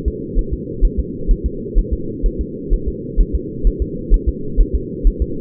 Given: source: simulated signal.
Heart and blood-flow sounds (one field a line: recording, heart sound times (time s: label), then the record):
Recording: fetal heart sounds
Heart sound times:
0.08 s: S2
0.39 s: S1
0.53 s: S2
0.85 s: S1
0.99 s: S2
1.31 s: S1
1.46 s: S2
1.78 s: S1
1.93 s: S2
2.26 s: S1
2.41 s: S2
2.73 s: S1
2.88 s: S2
3.20 s: S1
3.35 s: S2
3.67 s: S1
3.82 s: S2
4.14 s: S1
4.29 s: S2
4.61 s: S1
4.75 s: S2
5.07 s: S1
5.22 s: S2
From the record:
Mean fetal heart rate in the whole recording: 130 bpm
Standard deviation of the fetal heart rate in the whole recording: 4 bpm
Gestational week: 38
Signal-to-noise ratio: -4.3 dB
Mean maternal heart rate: 72 bpm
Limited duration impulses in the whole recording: absent